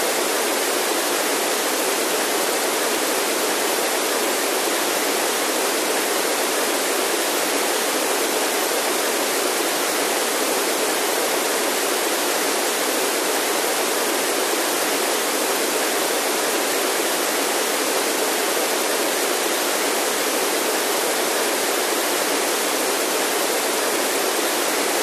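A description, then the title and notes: Rain falls in a dense, unbroken hiss that holds steady for the whole stretch, with no separate drops or gusts standing out. The sound is bright, crowding the upper range while the low end stays nearly empty. Rain.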